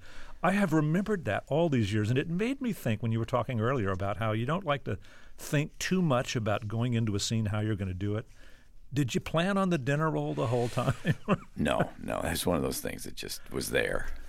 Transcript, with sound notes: I have remembered that all these years, and it made me think when you were talking earlier about how you don't like to think too much about going into a scene how you're going to do it. Did you plan on the dinner roll the whole time (laughter)?
No, no. That's one of those things that just was there.